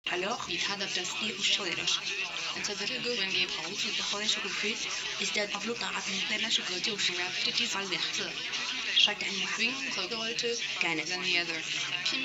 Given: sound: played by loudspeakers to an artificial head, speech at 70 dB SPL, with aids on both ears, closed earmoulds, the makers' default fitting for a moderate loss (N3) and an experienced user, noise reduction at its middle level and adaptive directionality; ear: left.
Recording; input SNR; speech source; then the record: speech test signal (ISTS) in cocktail-party noise; +6 dB; in front (0 degrees)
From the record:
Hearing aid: class 1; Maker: A